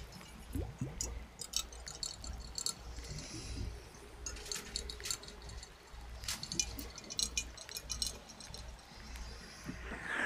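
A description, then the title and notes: Light glassy taps and clinks on a jar recur irregularly over soft water bubbling, with a steady low rumble and occasional sharper clicks throughout. NO TALKING OR WHISPERING.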